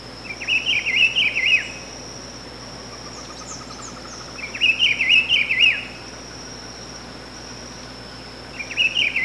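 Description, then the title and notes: Rufous-browed Peppershrike singing rich, rolling warbled phrases, three heard about every four seconds, with faint soft chirps between and a constant thin high buzz behind. Call (pio). "Áudio do pio do pitiguari. Fonte: WikiAves."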